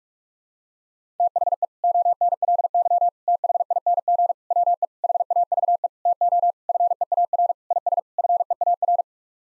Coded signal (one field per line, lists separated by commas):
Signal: Morse code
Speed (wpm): 46 wpm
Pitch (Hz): 700 Hz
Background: none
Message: THE ONLY THING WE HAVE TO FEAR IS FEAR